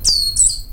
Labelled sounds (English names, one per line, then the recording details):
Stitchbird song
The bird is a male
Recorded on Tiritiri Matangi Island, New Zealand, in 2005
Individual 22, of nest box 31